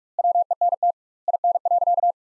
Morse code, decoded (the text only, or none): WENT IN.